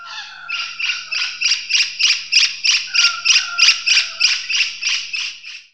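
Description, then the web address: Bird calling in a rapid series of harsh, chattering notes, about three each second, kept up steadily for nearly six seconds with little else heard. "Eyewitness Birds"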